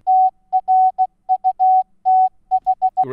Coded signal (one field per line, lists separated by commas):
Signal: Morse code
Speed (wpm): 16 wpm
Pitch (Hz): 750 Hz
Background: none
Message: TRUTH